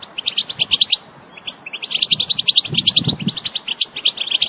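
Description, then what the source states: European goldfinch song, crisp high twittering bursts of rapid notes, a short silence near one second, then steady chattering with a soft low rumble. Wild bird.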